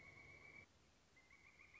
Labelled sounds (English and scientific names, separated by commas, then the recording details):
Pileated Woodpecker (Dryocopus pileatus)
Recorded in Sonoma County, California